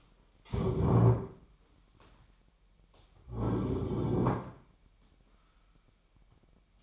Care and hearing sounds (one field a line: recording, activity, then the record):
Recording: daily activity, microphone in the room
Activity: stand up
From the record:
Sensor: 1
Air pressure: 998.5 hPa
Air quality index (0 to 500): 122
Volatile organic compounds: 3 ppm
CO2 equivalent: 1454 ppm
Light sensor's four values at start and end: 8/20/8/10 and 8/20/8/10